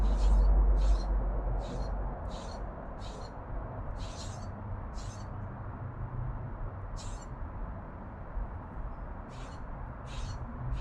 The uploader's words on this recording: Urban Backyard - Oakland, CA. Zoom H6 XY Stereo Mic Capsule. Unbranded Mini Mic Stand. Magnetic Microphone Mounts.